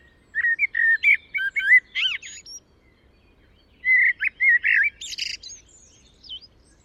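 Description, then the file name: Common blackbird singing two phrases of low, mellow warbling notes, each ending in high, scratchy squeaks and thin twitters. "Turdus merula"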